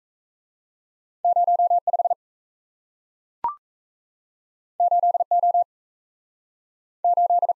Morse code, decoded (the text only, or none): 05 8O 8